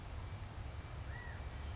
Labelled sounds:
California Quail
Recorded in Sonoma County, California

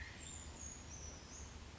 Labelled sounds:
Brown Creeper
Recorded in Sonoma County, California

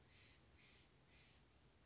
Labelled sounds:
Steller's Jay
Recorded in Sonoma County, California

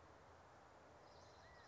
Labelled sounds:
California Quail
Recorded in Sonoma County, California

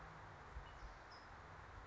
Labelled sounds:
California Towhee
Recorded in Sonoma County, California

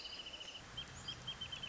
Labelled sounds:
Wrentit
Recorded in Sonoma County, California

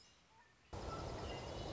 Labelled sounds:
Red-winged Blackbird
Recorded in Sonoma County, California

